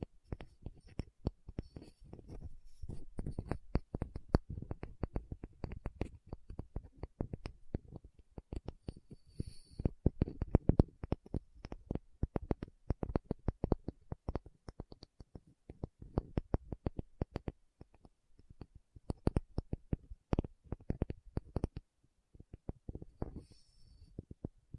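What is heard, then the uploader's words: Quick, dense tapping with no talking, irregular sharp knocks nearly nonstop, a brief lull near fifteen seconds and faint bright ticks above. Tapping Session (No Talking).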